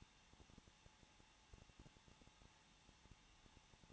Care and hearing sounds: daily activity, microphone in the room; no activity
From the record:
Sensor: 1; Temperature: 20.1 degrees Celsius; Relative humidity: 39.3%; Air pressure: 1006.4 hPa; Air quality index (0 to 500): 218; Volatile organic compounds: 80 ppm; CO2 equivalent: 3606 ppm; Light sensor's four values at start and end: 1/2/1/1 and 1/2/1/1

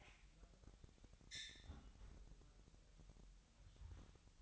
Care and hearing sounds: daily activity, microphone in the room; close fridge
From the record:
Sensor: 3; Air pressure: 1001.9 hPa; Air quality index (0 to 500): 245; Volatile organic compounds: 50 ppm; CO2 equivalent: 3296 ppm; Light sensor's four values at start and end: 12/36/15/13 and 12/36/15/13

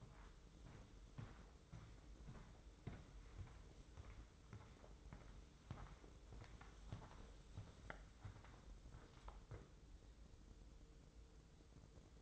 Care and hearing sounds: daily activity, microphone in the room; walk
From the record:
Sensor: 3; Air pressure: 995.9 hPa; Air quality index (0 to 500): 248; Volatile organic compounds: 1000 ppm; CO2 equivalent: 6363 ppm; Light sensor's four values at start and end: 42/104/45/49 and 39/98/42/46

